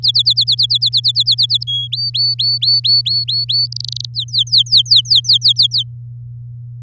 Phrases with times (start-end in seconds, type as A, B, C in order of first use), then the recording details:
0.03-1.63 A, 1.67-1.88 B, 1.92-3.67 C, 3.72-4.05 D, 4.14-5.83 E. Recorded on 9 May 2018 at 06:16. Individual llb16